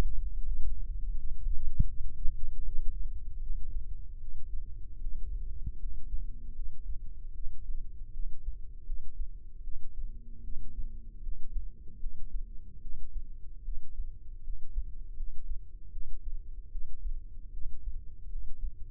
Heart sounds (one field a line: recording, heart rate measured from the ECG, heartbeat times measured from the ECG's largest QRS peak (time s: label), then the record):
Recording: heart sounds by microphone in the left ear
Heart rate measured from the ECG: 77 bpm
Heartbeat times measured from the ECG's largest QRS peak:
0.35 s: heartbeat
1.09 s: heartbeat
1.86 s: heartbeat
2.63 s: heartbeat
3.39 s: heartbeat
4.17 s: heartbeat
4.98 s: heartbeat
5.77 s: heartbeat
6.52 s: heartbeat
7.32 s: heartbeat
8.11 s: heartbeat
8.84 s: heartbeat
9.61 s: heartbeat
10.41 s: heartbeat
11.20 s: heartbeat
11.98 s: heartbeat
12.79 s: heartbeat
13.62 s: heartbeat
14.41 s: heartbeat
15.14 s: heartbeat
15.90 s: heartbeat
16.69 s: heartbeat
17.50 s: heartbeat
18.27 s: heartbeat
From the record:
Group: healthy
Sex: female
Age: 19 years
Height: 163 cm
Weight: 48.9 kg